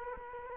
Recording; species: mosquito wingbeat signal from an infrared sensor; Culex quinquefasciatus